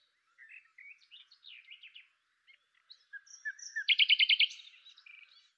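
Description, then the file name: Common nightingale giving scattered soft chirps, then a loud burst of rapid, evenly repeated notes followed by a few quieter ones. "Luscinia megarhynchos"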